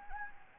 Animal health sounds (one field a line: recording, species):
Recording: mosquito wingbeat signal from an infrared sensor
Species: Anopheles gambiae